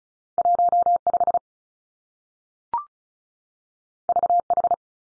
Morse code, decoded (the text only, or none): 1 5 V H